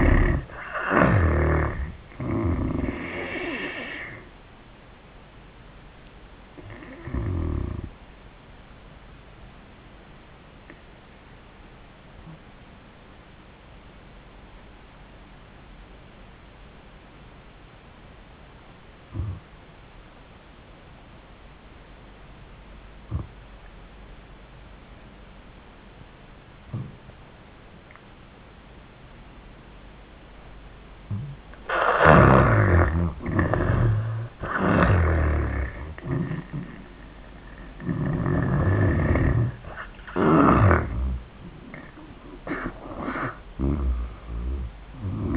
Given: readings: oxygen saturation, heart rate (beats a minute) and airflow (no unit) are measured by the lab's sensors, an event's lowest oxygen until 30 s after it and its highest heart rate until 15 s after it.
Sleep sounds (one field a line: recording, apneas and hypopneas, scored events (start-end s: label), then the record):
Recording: breathing in sleep by a voice recorder at the bedside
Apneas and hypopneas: 1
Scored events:
7.00-31.80 s: hypopnea (N1, oxygen 96% highest, then 76% lowest, heart rate 89 at the start, 99 highest)
13.00-43.00 s: new sleep stage, N2 (light sleep)
43.00-45.37 s: new sleep stage, N1 (lightest sleep)
From the record:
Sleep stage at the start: N1 (lightest sleep)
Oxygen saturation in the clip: 79 to 96%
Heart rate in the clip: 76 to 95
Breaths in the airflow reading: 9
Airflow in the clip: -17.3 to 24.4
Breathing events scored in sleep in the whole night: 400 in 8.7 hours asleep